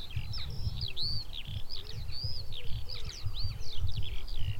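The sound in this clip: Eurasian skylark song, a continuous rapid stream of warbled, chirruping and trilled notes pouring on without pause, over a steady low rumble.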